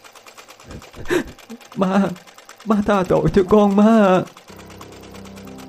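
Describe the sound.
A tearful woman's voice cries out, then the longtail (shrimp-tail) engine of a motorized ferry boat, started by the boatman pulling its cord at a river landing at night, takes over with a steady, low putt-putting chug that carries on alone at moderate loudness.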